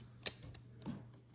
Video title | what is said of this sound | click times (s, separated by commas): The New Diesel Griffed Gen 6 Smart Watch with Wear OS & Snapdragon Wear 4100+ | I'll show you what the snap sound effect's like. | 0.3 s